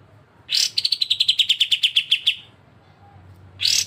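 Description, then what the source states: Streaked spiderhunter singing a rapid, evenly spaced series of bright chipping notes, with harsher bursts just before and after the run. Energetic, clear, long song, used as a tutor recording for training other birds.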